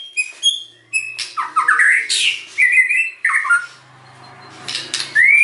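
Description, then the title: White-rumped shama song mixing harsh squawky bursts with clear slurred whistles, broken by brief pauses, ending in a rising whistled note. Lure song (pancingan) meant to provoke an immediate response from other birds; bird described as gacor, singing actively and often. "PANCINGAN MURAI BATU GACORSEKALI DENGAR AMPUH LANGSUNG RESPON"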